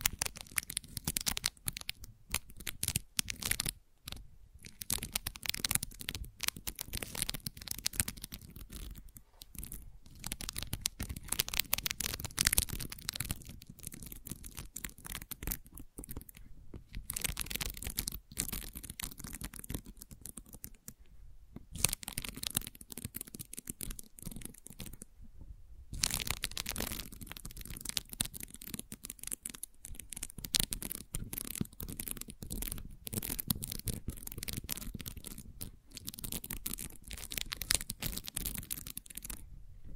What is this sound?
Gentle Scratching